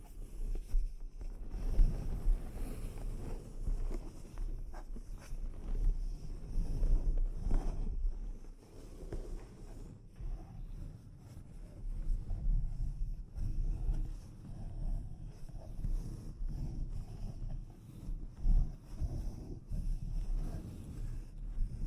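Delicate scratching and tapping on a microphone, a dense, low rumbling texture that shifts constantly without settling. Soft brushing strokes swell and fade throughout, with a few sharper taps around two, seven and eighteen seconds, and a faint steady hiss above.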